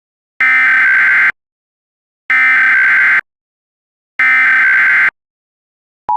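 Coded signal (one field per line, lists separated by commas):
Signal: Emergency Alert System (SAME) tones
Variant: header bursts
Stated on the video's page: Mock EAS alert tones, a fictional recreation.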